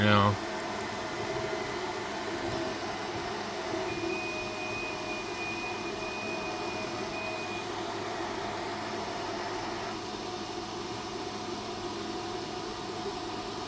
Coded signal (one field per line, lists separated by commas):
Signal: FT8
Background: speech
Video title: ft8 ham radio digital conditions